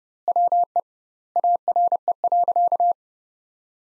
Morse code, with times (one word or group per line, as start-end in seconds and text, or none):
0.3-0.8 WE
1.4-2.9 ARE.